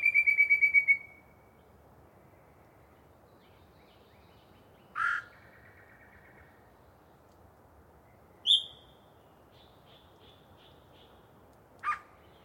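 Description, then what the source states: Yellow-breasted chat song: a quick chattering run, then single harsh squawks and a whistled note every few seconds, with faint soft notes in between. Long pre-dawn singing session by one particularly chatty bird in deciduous cover.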